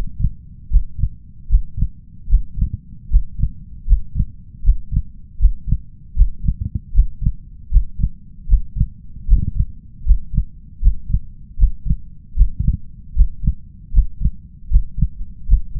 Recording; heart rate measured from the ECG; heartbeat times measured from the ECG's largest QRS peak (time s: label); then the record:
heart sounds by stethoscope; 77 bpm
0.68 s: heartbeat
1.47 s: heartbeat
2.27 s: heartbeat
3.08 s: heartbeat
3.85 s: heartbeat
4.62 s: heartbeat
5.37 s: heartbeat
6.14 s: heartbeat
6.92 s: heartbeat
7.69 s: heartbeat
8.46 s: heartbeat
9.26 s: heartbeat
10.04 s: heartbeat
10.80 s: heartbeat
11.56 s: heartbeat
12.34 s: heartbeat
13.14 s: heartbeat
13.91 s: heartbeat
14.68 s: heartbeat
15.46 s: heartbeat
From the record:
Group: healthy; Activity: breath hold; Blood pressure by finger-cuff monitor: 121/73 mmHg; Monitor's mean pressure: 84 mmHg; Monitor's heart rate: 77 bpm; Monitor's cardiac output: 6.1 L/min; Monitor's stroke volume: 79 mL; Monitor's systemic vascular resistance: 1010 dyn s/cm5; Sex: male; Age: 21 years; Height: 180 cm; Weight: 67.5 kg